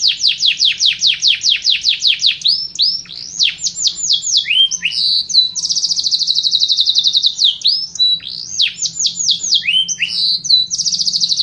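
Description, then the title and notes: Canary song: rapid high trills of sweeping down-slurred notes, then buzzy rolling runs and varied chirps, continuous and loud with no pauses. Canary song used as a master recording for training other canaries. "Suara Burung Kenari Masteran. master suara burung kenari"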